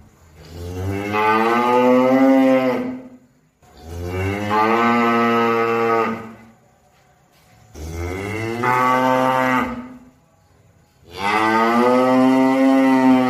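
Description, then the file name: Cow giving four long moos in steady succession, each deep, resonant and lasting two to three seconds with short pauses. "suara sapi"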